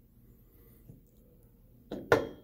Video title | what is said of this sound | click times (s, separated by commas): BF 1090 - Average Joe Disk Fix & Locking Pin Kit Installation | Boom, it clicks in. You can actually see it seat on the plastic. | 2.1 s